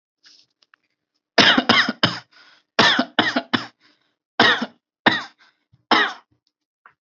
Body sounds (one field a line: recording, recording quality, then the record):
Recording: shallow voluntary cough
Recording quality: excellent, no background noise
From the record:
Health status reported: healthy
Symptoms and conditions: none ticked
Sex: male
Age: 29 years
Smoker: not ticked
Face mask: not worn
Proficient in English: no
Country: India